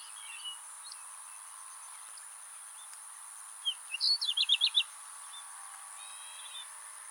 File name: Pied bush chat